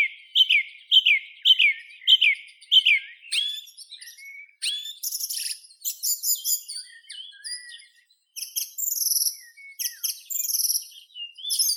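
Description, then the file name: Song thrush singing: a sharp note repeated several times, then a run of varied high, chirping and whistled phrases, several also repeated in quick pairs. "Drozd pevchij Turdus philomelos"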